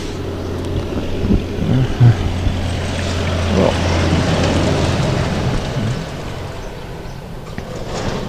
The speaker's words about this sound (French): On va laisser passer le tracteur